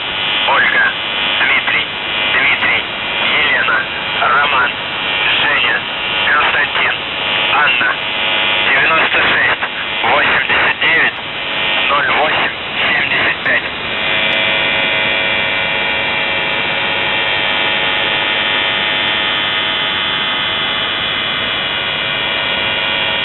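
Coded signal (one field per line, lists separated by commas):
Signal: numbers station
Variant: UVB-76, Russian voice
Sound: a voice reads a message for about 14 seconds, then a continuous harsh buzz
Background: radio static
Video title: The Buzzer/UVB-76(4625Khz) May 1st, 2023 12:54UTC Voice message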